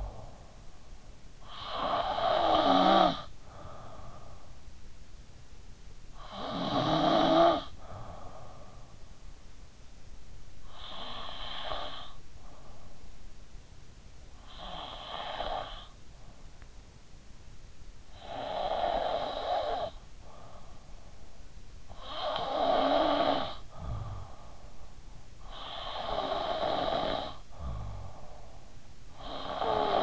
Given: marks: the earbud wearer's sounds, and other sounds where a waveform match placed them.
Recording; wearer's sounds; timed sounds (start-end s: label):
sounds in sleep by an in-ear microphone; snoring breath, breath
0.00-9.70 s: snoring breath
9.70-13.02 s: breath
13.02-30.03 s: snoring breath